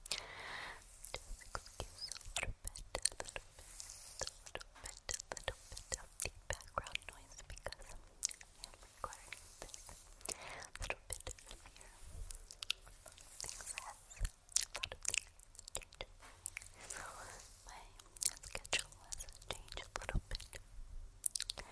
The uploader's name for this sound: Hair Play & Nail Tapping (Inaudible Whispering)